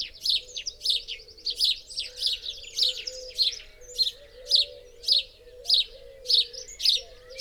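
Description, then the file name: House sparrow chirping in a regular pattern, crisp notes repeated about every half second, with a soft low hum beneath. "Passer domesticus"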